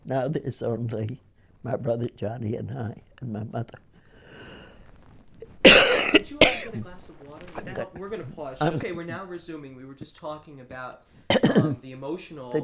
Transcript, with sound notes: Now there's only my brother Johnnie and I and my mother. (she coughs)
Would you like to get a glass of water right now? We're going to pause. Okay, we're now resuming. We were just talking about (clears her throat) the emotional...